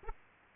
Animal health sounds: mosquito wingbeat signal from an infrared sensor; Aedes aegypti

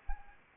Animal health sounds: mosquito wingbeat signal from an infrared sensor; Anopheles arabiensis

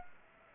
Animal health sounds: mosquito wingbeat signal from an infrared sensor; Aedes aegypti

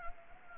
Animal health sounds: mosquito wingbeat signal from an infrared sensor; Anopheles gambiae

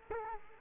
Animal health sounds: mosquito wingbeat signal from an infrared sensor; Culex quinquefasciatus

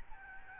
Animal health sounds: mosquito wingbeat signal from an infrared sensor; Aedes albopictus

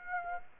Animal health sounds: mosquito wingbeat signal from an infrared sensor; Aedes aegypti

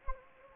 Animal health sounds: mosquito wingbeat signal from an infrared sensor; Anopheles gambiae

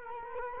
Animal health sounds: mosquito wingbeat signal from an infrared sensor; Culex quinquefasciatus

